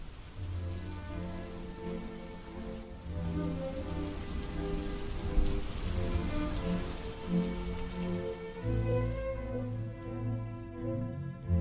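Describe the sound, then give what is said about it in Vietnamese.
Steady rain from a storm over a village patters and hisses throughout at an even, moderate level, with sustained low tonal hums running underneath. No voices are heard. “Chờ cho đến tận khi mưa ngớt, mọi người mới rón rén cầm những cái đèn pin, ngọn nến bước ra ngoài quan sát.”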